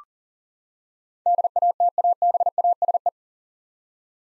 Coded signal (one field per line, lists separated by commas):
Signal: Morse code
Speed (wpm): 40 wpm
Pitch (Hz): 700 Hz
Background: none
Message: DATABASE